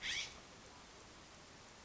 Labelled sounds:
California Scrub-Jay (Aphelocoma californica)
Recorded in Sonoma County, California

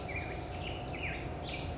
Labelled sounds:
Black-headed Grosbeak (Pheucticus melanocephalus)
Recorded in Sonoma County, California

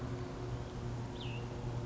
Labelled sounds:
Cassin's Vireo (Vireo cassinii)
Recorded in Sonoma County, California

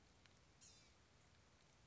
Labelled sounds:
Blue-gray Gnatcatcher (Polioptila caerulea)
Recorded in Sonoma County, California

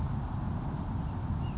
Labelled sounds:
California Towhee (Melozone crissalis)
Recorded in Sonoma County, California

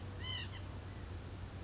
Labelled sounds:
White-breasted Nuthatch (Sitta carolinensis)
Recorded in Sonoma County, California

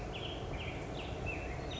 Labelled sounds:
Black-headed Grosbeak (Pheucticus melanocephalus)
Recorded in Sonoma County, California

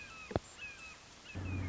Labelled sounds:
Red-shouldered Hawk (Buteo lineatus)
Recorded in Sonoma County, California

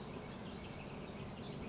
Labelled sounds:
California Towhee (Melozone crissalis)
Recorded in Sonoma County, California

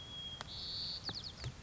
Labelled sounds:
White-crowned Sparrow (Zonotrichia leucophrys)
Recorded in Sonoma County, California

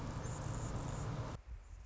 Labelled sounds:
Anna's Hummingbird (Calypte anna)
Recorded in Sonoma County, California

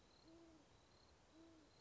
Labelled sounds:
Great Horned Owl (Bubo virginianus)
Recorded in Sonoma County, California

